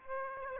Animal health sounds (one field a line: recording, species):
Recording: mosquito wingbeat signal from an infrared sensor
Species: Aedes aegypti